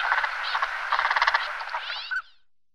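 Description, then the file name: Northern pintail call: a nasal, rattling, buzzy series of pulses lasting about two seconds, ending with a brief separate note. "ostralka-štíhlá"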